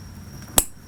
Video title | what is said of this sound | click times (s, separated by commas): How To Replace Sparkplugs On GSXR600 Motorcycle | once you hear that snap noise that means it's in | 0.6 s